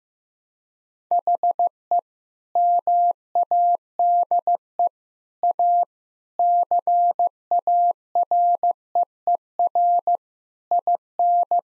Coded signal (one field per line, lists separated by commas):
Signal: Morse code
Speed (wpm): 15 wpm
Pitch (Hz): 700 Hz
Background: none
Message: HE MADE A CAREER IN